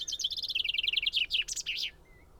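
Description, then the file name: Common chaffinch song: a rapid, descending trill of bright notes that ends in a quick flourish, followed by a brief thin note. "Fringilla coelebs"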